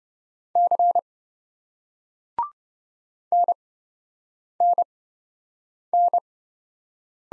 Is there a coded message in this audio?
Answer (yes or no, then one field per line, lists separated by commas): yes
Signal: Morse code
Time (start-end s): 0.6-6.2 s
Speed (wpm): 28 wpm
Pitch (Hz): 700 Hz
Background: none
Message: C NNN